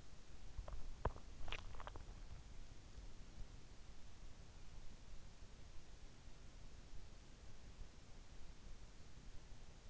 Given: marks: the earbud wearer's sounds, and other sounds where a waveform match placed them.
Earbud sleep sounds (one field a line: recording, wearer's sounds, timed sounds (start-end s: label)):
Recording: sounds in sleep by an in-ear microphone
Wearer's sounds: swallowing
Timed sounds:
0.00-3.55 s: swallowing